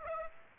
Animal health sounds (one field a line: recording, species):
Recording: mosquito wingbeat signal from an infrared sensor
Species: Aedes aegypti